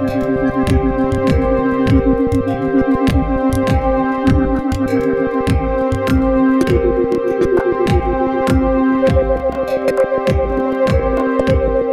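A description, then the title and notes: Chimes ring in steady layers, their tones hanging and overlapping, with a gritty, crushed digital edge. Sharp clicks strike regularly about twice a second across the whole clip, over a busy low pulsing underneath, and the loudness stays even throughout. Kathmandu Chime Krusher. Chimes and bit crushers.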